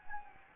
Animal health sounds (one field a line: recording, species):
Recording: mosquito wingbeat signal from an infrared sensor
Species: Anopheles gambiae